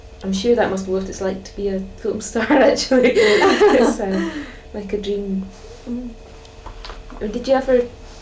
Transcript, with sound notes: I'm sure that must be what it's like to be a film star actually. [laughs] It's erm, like a dream.
Mhm.
Did you ever